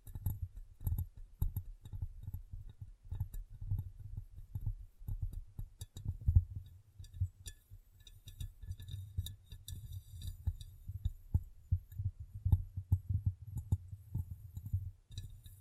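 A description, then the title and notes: Fingers tap and rub on glass in a steady, busy stream of soft knocks, several per second throughout. The taps are mostly low and dull with a faint thumping undertone, while small bright clicks and ticks scatter above them, a few sharper hits standing out around six and twelve seconds. ASMR Glass Brain Tapping & Cleaning (No Talking).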